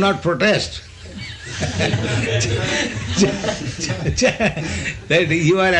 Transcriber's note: laughter